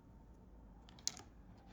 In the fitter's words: and then it clicks in to this slot